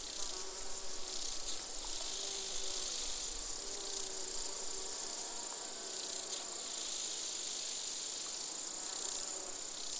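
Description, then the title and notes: Insect chorus (bees, grasshoppers and crickets): constant high-pitched stridulation with several low, wavering buzzing hums. Bees, grasshoppers and crickets in gentle summer chorus, recorded in an open meadow near the Col de Châtillon, 1680 metres altitude. "featuring bees, grasshoppers and crickets, was recorded in an open meadow near the Col de Châtillon"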